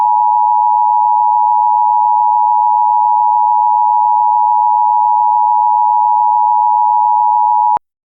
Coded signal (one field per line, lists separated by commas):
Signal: Emergency Alert System (SAME) tones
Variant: 853 and 960 Hz attention tone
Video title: EAS Child Abduction Emergency (AMBER Alert) Yakima, Washington Statewide Alert